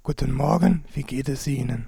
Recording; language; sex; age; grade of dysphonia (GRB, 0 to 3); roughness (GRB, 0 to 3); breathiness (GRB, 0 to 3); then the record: spoken sentence; German; male; 20 to 29 years; 3; 3; 2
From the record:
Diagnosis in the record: recurrent laryngeal nerve paralysis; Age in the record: 25 years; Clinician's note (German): Schlaff mit wenig stroboskopischer Restbeweglichkeit